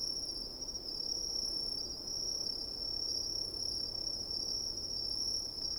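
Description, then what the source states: Crickets in a continuous, even high trill, with a faint higher band above it and a light wind rustle underneath. Crickets in coniferous forest at night, with soft wind.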